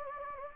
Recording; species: mosquito wingbeat signal from an infrared sensor; Anopheles gambiae